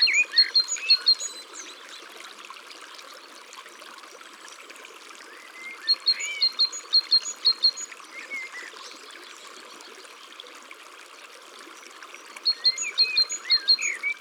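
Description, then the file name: Great tit singing three bursts of rapid, evenly repeated high double notes, spaced about six seconds apart, over a constant flowing-water hiss with scattered lower chirps from other birds. Countryside setting. "Mesange charbonniere Chants doiseaux dans la campagne"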